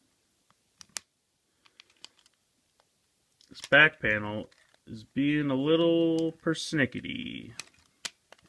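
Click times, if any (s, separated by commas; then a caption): 8.1 s. A stubborn plastic back panel on a Transformers 4 Deluxe Drift transforming toy is pushed into the toy car body while someone talks, with light plastic clicks and taps scattered throughout. The panel snaps into place with a sharp click at 8.1 s.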